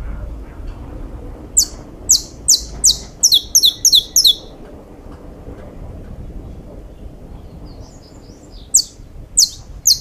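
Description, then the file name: Saffron finch song: a run of sharp, high clipped notes, single then doubled, a quiet pause, then another short burst, over a steady low rumble. "Canto-do-Canário-da-Terra"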